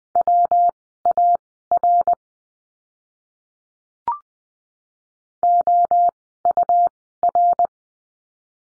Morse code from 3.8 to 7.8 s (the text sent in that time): OUR